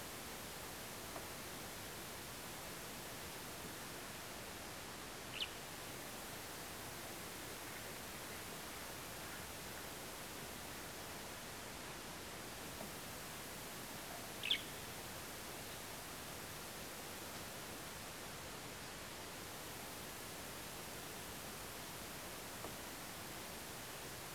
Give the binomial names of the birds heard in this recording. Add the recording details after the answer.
Alauda arvensis. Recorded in France